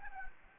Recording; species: mosquito wingbeat signal from an infrared sensor; Anopheles gambiae